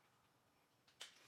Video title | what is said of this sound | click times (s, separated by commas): Pain Relief Deep Tissue Neck and Shoulder Massage - Kneading, Rolling Foot Massager from Breo | okay and then there's a strap you can actually pull it and then you can hear a click | 1.0 s